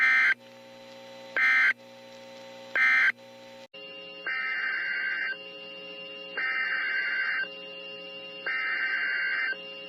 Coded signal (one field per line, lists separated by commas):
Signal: Emergency Alert System (SAME) tones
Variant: header bursts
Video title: Tornado Warnings - EAS #1,282 - 1,312 - 4/9/15